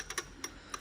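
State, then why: Not seated. A keyed lock piece is tried the wrong way round in a Ford transmission shaft or carrier during a rebuild, giving four short, sharp ticks at about 0.1, 0.2, 0.4 and 0.7 seconds. The lock fails to engage, and nothing has seated or clicked into place yet.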